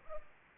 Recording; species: mosquito wingbeat signal from an infrared sensor; Culex pipiens